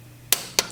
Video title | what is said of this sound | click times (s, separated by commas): Meetings, Coffee Beans, A/C problems and Porsche 718 Cayman Spark plugs | Click. Click. | 0.3 s, 0.6 s